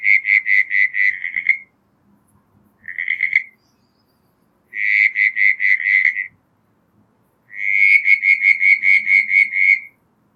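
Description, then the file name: Southern brown tree frog giving four bursts of rapid, evenly pulsed creaking notes, each burst lasting from under one to over two seconds with short silent gaps between. "Litoria ewingii"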